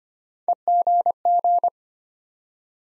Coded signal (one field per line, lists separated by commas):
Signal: Morse code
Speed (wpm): 25 wpm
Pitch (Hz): 700 Hz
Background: none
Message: EGG